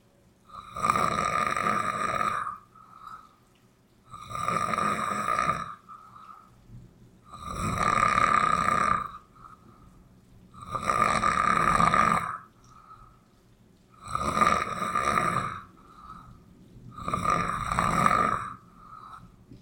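An adult sleeper snoring loudly and steadily, about six long snores in twenty seconds (roughly 18 per minute), each with a bright, buzzing tone, separated by quieter breaths, with rain in the background.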